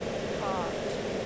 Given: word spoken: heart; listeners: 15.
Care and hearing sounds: one English word in noise, from a listening test; speech-shaped noise; -6.0 dB; 3 of 15; 6 of 15; 0.86 s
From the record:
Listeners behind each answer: 6, 3, 2, 1, 1, 1, 1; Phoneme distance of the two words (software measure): 10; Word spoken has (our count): 1 syllable, 3 phonemes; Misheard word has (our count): 1 syllable, 3 phonemes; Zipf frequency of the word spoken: 5.30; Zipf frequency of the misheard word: 5.67

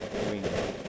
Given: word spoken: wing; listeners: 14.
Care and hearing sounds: one English word in noise, from a listening test; noise modulated by three-talker babble; -5.6 dB; 1 of 14; 7 of 14; 0.48 s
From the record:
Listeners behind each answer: 7, 2, 1, 1, 1, 1, 1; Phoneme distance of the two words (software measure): 27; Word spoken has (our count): 1 syllable, 3 phonemes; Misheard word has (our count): 1 syllable, 4 phonemes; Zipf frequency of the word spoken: 4.46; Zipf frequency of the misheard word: 5.08

